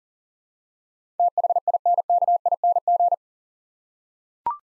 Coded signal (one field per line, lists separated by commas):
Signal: Morse code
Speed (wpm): 40 wpm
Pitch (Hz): 700 Hz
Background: none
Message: THINKING